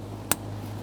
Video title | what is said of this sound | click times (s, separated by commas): How to Replace Fuel Pump Module Assembly 2007-2017 Jeep Patriot | Audible click, | 0.3 s